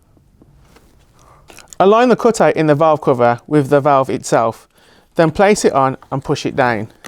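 A plastic valve cover is lined up so its cut-out sits over the water inlet valve of a Siemens dishwasher, then placed on and pushed down. Quiet handling noises come first, followed by someone talking. The cover has not seated or clicked into place yet.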